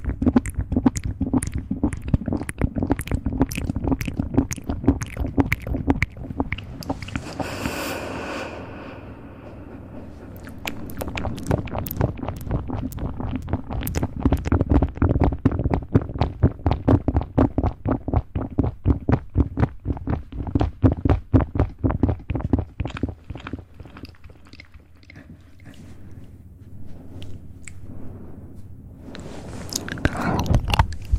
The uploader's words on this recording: ASMR ReZero Rem Cosplay Fastest Mouth Sounds.